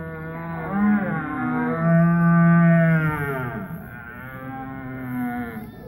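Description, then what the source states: Red deer in a long, deep, wavering roar that swells then fades, followed by a softer bellow. Rutting calls near Mława, Poland, November 2019.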